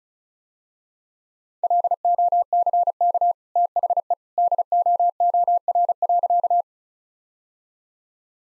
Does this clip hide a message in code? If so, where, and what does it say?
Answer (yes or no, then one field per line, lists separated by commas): yes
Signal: Morse code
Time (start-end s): 1.6-6.6 s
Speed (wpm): 34 wpm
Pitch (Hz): 700 Hz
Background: none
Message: LOCK THE DOOR.